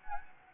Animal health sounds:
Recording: mosquito wingbeat signal from an infrared sensor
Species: Anopheles gambiae

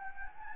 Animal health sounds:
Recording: mosquito wingbeat signal from an infrared sensor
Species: Anopheles gambiae

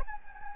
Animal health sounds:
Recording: mosquito wingbeat signal from an infrared sensor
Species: Anopheles gambiae

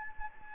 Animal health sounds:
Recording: mosquito wingbeat signal from an infrared sensor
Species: Anopheles gambiae

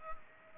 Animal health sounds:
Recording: mosquito wingbeat signal from an infrared sensor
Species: Culex pipiens

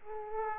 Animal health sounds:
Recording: mosquito wingbeat signal from an infrared sensor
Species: Aedes aegypti

